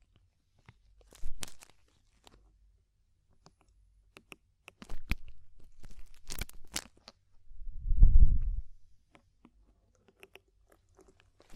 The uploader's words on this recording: ASMR DEEP Ear Penetrating Cleaning (No Talking).